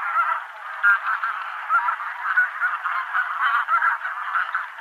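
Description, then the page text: Taiga bean goose: taiga bean geese giving a steady stream of overlapping honking calls, with sharper notes standing out now and then. Nominate subspecies, Anser fabalis fabalis. "Patrik berg - Гуменник (Anser fabalis fabalis)"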